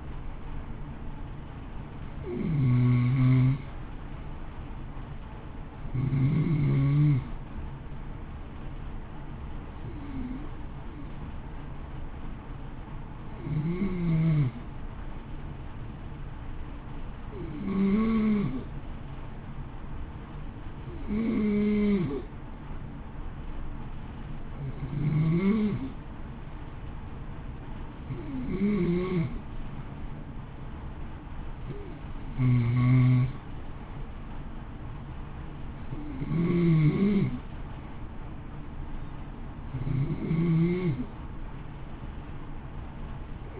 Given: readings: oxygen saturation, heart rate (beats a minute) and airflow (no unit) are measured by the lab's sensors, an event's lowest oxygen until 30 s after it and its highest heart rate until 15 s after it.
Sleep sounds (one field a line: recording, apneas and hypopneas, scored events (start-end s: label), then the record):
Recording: breathing in sleep by a smartphone at the bedside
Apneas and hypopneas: none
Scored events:
none scored
From the record:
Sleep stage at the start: N2 (light sleep)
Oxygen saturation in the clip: 92 to 93%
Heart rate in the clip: 54 to 58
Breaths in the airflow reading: 16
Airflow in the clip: -0.8 to 0.7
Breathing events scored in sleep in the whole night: 328 in 6.3 hours asleep